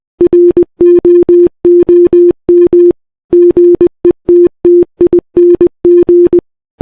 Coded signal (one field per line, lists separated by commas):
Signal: Morse code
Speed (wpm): 20 wpm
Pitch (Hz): 350 Hz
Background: none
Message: ROOM GETTING